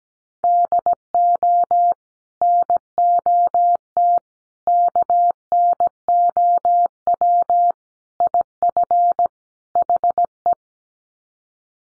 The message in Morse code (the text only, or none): DO NOT KNOW IF HE